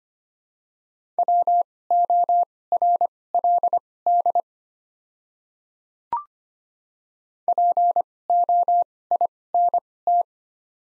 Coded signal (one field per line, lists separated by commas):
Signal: Morse code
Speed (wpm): 25 wpm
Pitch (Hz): 700 Hz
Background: none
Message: WORLD POINT